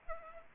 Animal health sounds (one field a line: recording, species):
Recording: mosquito wingbeat signal from an infrared sensor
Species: Culex pipiens